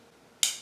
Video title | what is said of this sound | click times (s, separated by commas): ChattiPatti - 😘 Fanity Mirror l Blue Kiss Silver Bracelet ~ 5-6-16 | just did you hear it did you hear it pop open there it came | 0.4 s